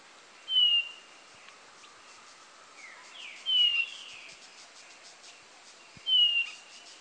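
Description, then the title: Blue-naped chlorophonia giving three high, thin, downslurred whistles a few seconds apart, with fainter sliding notes and insect noise behind. "LuckyPassaro Completos2Sama. Blue-naped Chlorophonia (Chlorophonia cyanea)"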